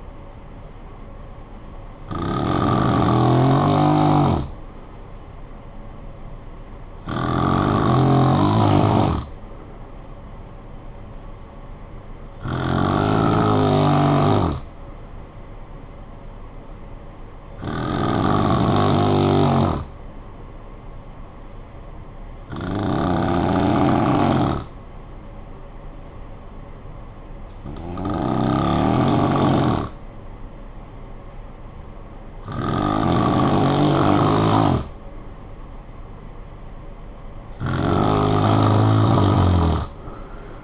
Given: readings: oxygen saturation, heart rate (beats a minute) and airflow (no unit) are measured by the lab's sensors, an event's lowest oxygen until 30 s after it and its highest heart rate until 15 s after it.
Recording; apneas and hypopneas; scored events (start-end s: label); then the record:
breathing in sleep by a smartphone at the bedside; 1
22.00-35.00 s: hypopnea (N2, oxygen 93% highest, then 89% lowest, heart rate 59 at the start, 64 highest)
From the record:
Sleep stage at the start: N2 (light sleep); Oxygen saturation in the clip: 91 to 93%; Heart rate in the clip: 54 to 60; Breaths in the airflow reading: 8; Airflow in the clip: -10.9 to 6.1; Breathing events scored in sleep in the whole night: 445 in 7.6 hours asleep